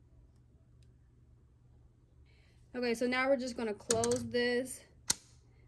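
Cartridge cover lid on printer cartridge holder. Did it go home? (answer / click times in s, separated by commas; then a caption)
yes / 5.1 s. Someone talks, then the plastic lid over the ink cartridges in the cartridge holder of an Epson 7710/7720 printer is closed and snaps shut with a sharp click at 5.1 s. The lid is seated.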